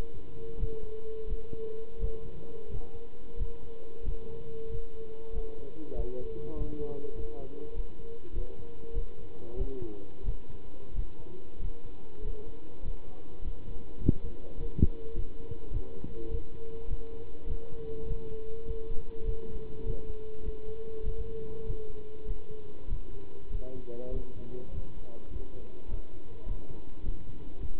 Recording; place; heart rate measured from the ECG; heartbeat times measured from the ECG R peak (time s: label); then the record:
heart sounds by stethoscope; between the tricuspid and mitral areas; 98 bpm
0.58 s: heartbeat
1.28 s: heartbeat
2.00 s: heartbeat
2.69 s: heartbeat
3.38 s: heartbeat
4.04 s: heartbeat
4.69 s: heartbeat
5.33 s: heartbeat
5.96 s: heartbeat
6.56 s: heartbeat
7.14 s: heartbeat
7.74 s: heartbeat
8.34 s: heartbeat
8.94 s: heartbeat
9.57 s: heartbeat
10.25 s: heartbeat
10.95 s: heartbeat
11.60 s: heartbeat
12.22 s: heartbeat
12.83 s: heartbeat
13.43 s: heartbeat
14.00 s: heartbeat
14.58 s: heartbeat
15.14 s: heartbeat
15.72 s: heartbeat
16.29 s: heartbeat
16.88 s: heartbeat
17.47 s: heartbeat
18.06 s: heartbeat
18.65 s: heartbeat
19.25 s: heartbeat
19.84 s: heartbeat
20.44 s: heartbeat
21.04 s: heartbeat
21.64 s: heartbeat
22.26 s: heartbeat
22.88 s: heartbeat
23.51 s: heartbeat
24.12 s: heartbeat
24.72 s: heartbeat
25.31 s: heartbeat
25.89 s: heartbeat
26.47 s: heartbeat
27.04 s: heartbeat
27.60 s: heartbeat
From the record:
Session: pedaling a stationary bicycle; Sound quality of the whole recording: good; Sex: male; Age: 27 years